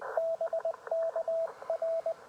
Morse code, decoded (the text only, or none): BKR